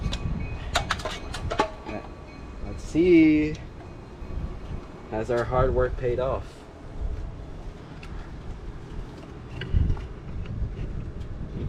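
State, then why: Seated. A solar security light is slid onto its wall mounting bracket. Someone talks over clattering handling sounds early on, and the light clicks into place at 9.6 s, seated on the bracket.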